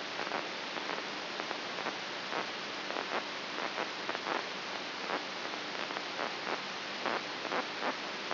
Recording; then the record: brain microelectrode recording played as sound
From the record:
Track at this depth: outside the subthalamic nucleus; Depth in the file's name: 4.622 mm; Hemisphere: left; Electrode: 3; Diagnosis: Parkinson's disease